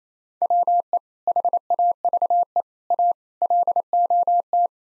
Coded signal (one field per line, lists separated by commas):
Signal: Morse code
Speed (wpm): 28 wpm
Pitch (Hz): 700 Hz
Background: none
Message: WE HAVE A LOT